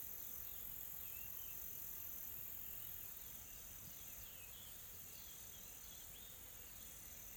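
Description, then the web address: Insects, continuous high buzzing that eases slightly in level midway, with scattered soft chirps throughout. Calm, soft insect ambience from a tropical forest in South Africa. "Smart Sound FX - Nature South Africa AMBIENCE Additional Tropical Forest Soft Insects Calm"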